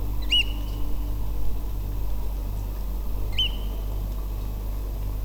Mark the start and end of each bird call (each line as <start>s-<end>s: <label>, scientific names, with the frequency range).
0.21s-0.43s: Haematopus ostralegus (1.6-12.0 kHz)
3.32s-3.48s: Haematopus ostralegus (1.7-9.4 kHz)